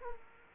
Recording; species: mosquito wingbeat signal from an infrared sensor; Culex quinquefasciatus